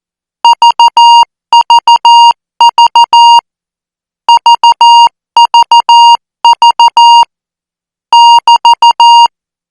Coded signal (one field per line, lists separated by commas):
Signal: Morse code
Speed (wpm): 14 wpm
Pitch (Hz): 940 Hz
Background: music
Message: VVV VVV <BT>